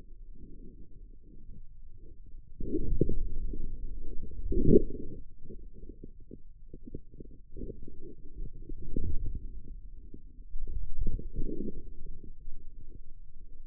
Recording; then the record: forearm muscle sounds (acoustic myography)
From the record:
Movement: outward rotation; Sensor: system 2, bracelet of six BSWA MPA416 microphones around the upper forearm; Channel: 6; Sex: male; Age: 22 years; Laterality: right